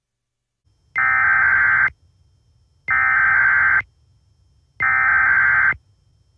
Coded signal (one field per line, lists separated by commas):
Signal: Emergency Alert System (SAME) tones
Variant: header bursts